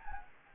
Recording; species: mosquito wingbeat signal from an infrared sensor; Anopheles gambiae